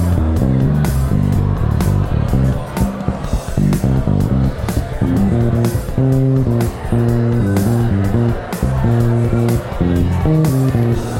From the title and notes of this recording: Bass improvisation over a background of crowd chatter, supported by an electronic drummer (courtesy of Logic Pro).